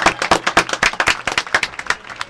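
A short burst of applause from a small group in the studio of the show Patas para Arriba, welcoming guests, quick irregular claps overlapping into a steady patter at a moderate level, with no voices over it.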